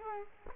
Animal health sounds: mosquito wingbeat signal from an infrared sensor; Culex quinquefasciatus

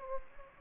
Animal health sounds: mosquito wingbeat signal from an infrared sensor; Anopheles gambiae

